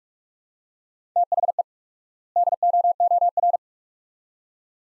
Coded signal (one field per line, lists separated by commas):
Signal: Morse code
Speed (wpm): 47 wpm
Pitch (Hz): 700 Hz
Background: none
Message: THE DOOR